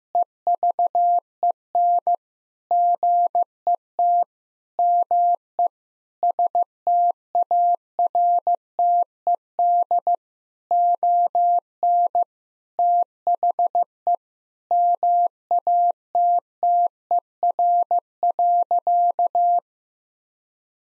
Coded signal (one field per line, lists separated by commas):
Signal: Morse code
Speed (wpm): 15 wpm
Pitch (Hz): 700 Hz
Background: none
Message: EVEN GET ME STARTED ON THE MATTER.